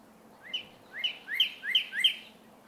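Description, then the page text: Northern cardinal whistling a brief series of five upslurred notes, clear and repeated at a quick pace, with soft low background noise. Male leaving his night roost and beginning his day in the morning, on one of 13 mornings in late April and early May 2018, in a crabapple tree in Hatfield, Massachusetts. "Cardinals awaking—13 mornings to explore! For 13 mornings during late April and early May 2018, I recorded how a male northern cardinal left the night roost and began his day"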